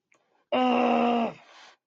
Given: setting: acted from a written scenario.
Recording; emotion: vocal sound without words; disappointment